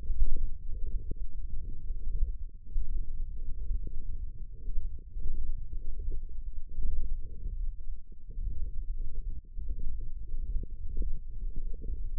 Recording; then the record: forearm muscle sounds (acoustic myography)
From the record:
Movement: ulnar deviation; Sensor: system 1, eight BSWA MPA416 microphones around the upper forearm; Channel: 6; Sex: male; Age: 18 years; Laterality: right